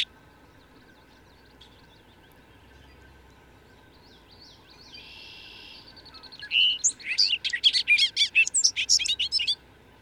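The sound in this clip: Bird song: after several quiet seconds and a faint buzzy trill, a loud, fast phrase of high, varied chirps and trills fills about the last three seconds.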